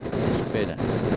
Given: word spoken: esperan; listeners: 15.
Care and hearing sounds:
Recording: one Spanish word in noise, from a listening test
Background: noise modulated by three-talker babble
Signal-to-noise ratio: -5.3 dB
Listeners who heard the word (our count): 2 of 15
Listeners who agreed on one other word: 8 of 15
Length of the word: 0.76 s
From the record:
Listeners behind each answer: 8, 4, 2, 1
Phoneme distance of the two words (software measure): 7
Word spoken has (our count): 3 syllables, 7 phonemes, stress on syllable 2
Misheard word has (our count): 3 syllables, 6 phonemes, stress on syllable 2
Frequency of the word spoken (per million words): 25.85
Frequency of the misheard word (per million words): 123.55

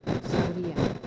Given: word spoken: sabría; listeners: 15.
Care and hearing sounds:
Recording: one Spanish word in noise, from a listening test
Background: noise modulated by three-talker babble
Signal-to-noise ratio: -6.3 dB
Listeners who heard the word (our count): 4 of 15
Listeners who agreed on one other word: 6 of 15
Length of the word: 0.67 s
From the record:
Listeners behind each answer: 6, 4, 2, 1, 1, 1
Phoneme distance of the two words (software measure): 17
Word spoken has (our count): 3 syllables, 6 phonemes, stress on syllable 2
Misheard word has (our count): 2 syllables, 5 phonemes, stress on syllable 1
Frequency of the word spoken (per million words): 5.78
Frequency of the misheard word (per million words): 5.49

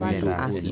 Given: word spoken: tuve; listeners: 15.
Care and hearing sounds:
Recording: one Spanish word in noise, from a listening test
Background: four-talker babble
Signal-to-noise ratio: -1.4 dB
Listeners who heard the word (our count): 0 of 15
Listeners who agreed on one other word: 6 of 15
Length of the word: 0.32 s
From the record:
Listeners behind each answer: 6, 3, 2, 1, 1, 1, 1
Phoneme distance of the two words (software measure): 34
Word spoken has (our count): 2 syllables, 4 phonemes, stress on syllable 1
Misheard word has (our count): 2 syllables, 4 phonemes, stress on syllable 2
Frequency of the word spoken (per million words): 51.59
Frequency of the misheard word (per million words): 65.42

